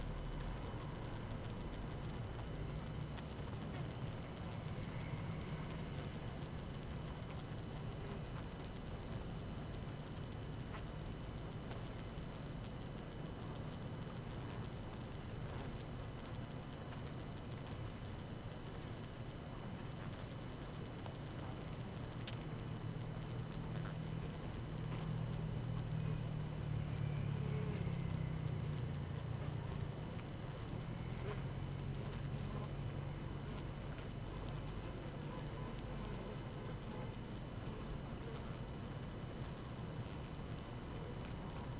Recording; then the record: honeybee colony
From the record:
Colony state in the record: active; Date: 12 June 2018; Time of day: 17:50